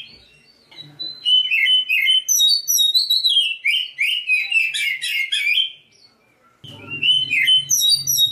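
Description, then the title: Oriental magpie-robin delivering a long run of varied whistled and chirping notes, a short pause, then more song over a low humming background. Black-breasted form of the magpie-robin. "Kacer dada hitam"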